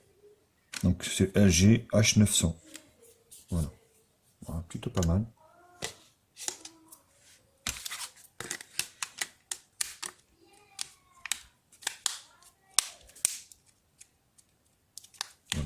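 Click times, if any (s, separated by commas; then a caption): 8.8 s, 9.8 s, 11.3 s, 12.1 s, 12.8 s, 13.2 s. Someone talks while pressing the plastic back cover of a refurbished LG V10 (LG H900) smartphone onto the phone body around its edges, after the SIM and micro SD slots. A series of sharp clicks is heard at 8.8, 9.8, 11.3, 12.1, 12.8 and 13.3 seconds as the clips engage. The cover latches in and is seated quite well.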